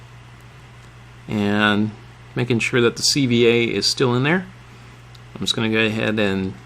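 A plastic front steering part is handled near the steering assembly of a B44.2 RC buggy during the front steering build, while someone talks over a steady low hum. The part has not seated or snapped in yet.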